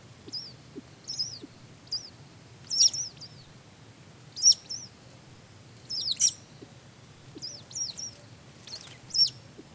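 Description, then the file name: Rail producing clipped high squeaks, some notes buzzier and louder, recurring every second or two at irregular intervals in fairly quiet surroundings. "kuina"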